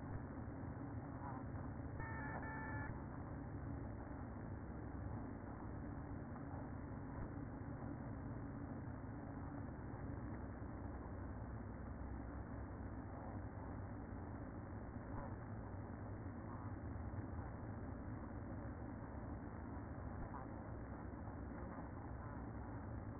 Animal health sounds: honeybee colony, microphone inside the hive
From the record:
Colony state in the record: queen present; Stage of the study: after two queens were removed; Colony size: about 60,000 bees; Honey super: yes

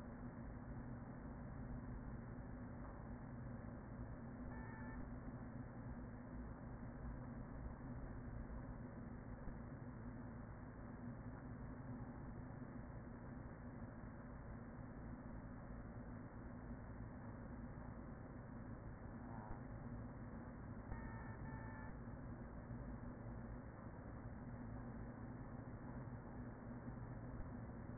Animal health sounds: honeybee colony, microphone inside the hive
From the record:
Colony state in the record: queen present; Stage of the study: after two queens were removed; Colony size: about 40,000 bees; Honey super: no

